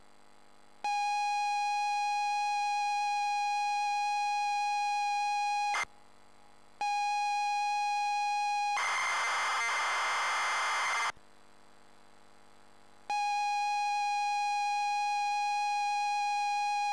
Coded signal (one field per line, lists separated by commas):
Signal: ZX Spectrum tape loading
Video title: Bombjack - Zx Spectrum (Loading & Gameplay)